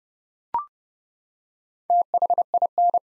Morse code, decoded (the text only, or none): THIN